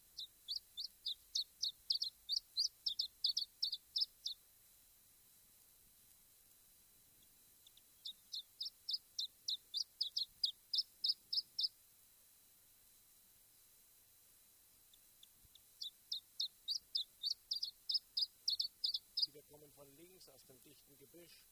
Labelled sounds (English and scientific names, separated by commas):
Iberian Chiffchaff (Phylloscopus ibericus)